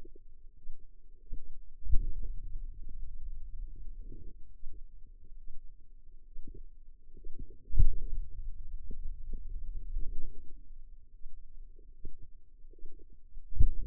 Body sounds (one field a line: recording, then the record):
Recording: forearm muscle sounds (acoustic myography)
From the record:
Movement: finger pinch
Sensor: system 2, bracelet of six BSWA MPA416 microphones around the upper forearm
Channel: 5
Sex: female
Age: 25 years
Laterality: right